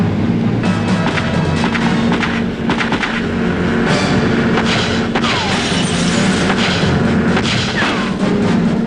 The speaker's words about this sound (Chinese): 气愤的莱尔梅森将达利洛挟持到自己的快艇上，匆忙逃窜。他们合作与开始行动的警方在海上展开了一场激烈的枪战。